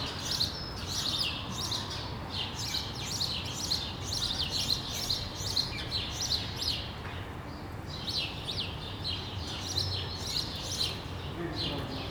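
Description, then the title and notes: Sparrow chirping in dense clusters, a lively chatter with brief pauses, over a steady low rumble of street noise. Sparrows on a street in Brussels, Belgium, recorded on World Sparrow Day with a Lom mikroUši AB microphone into a Deity PR-2 recorder. "Rue de l'épargne, Bruxelles, Bruxelles-Capitale, Belgique - World Sparrow Day. Sparrows - moineaux"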